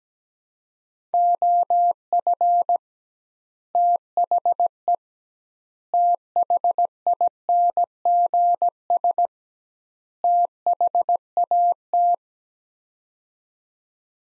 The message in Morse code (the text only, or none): OF THE THINGS THAT